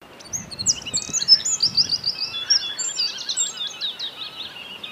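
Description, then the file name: Eurasian wren delivering a rapid, high, tumbling stream of trills and twittering notes throughout, with background hiss. "Troglodytes troglodytes"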